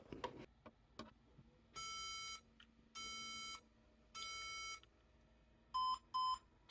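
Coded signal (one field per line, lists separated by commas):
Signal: beep code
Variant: HP business PC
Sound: three long electronic beeps followed by two short beeps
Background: faint clicks, quiet room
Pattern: 3 long, 2 short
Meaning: Memory error: the computer memory should be tested or reseated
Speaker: three long, two short. Okay, that says test the computer memory.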